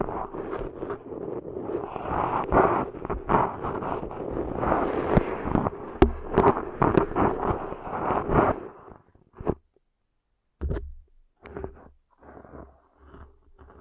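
Ear cleaning sounds: dense, crackling scratching and rustling fill the first eight seconds or so, with sharp pops around the six-second mark. The sound then drops to near silence, broken by a few brief scrapes and soft, muffled rubbing near the end.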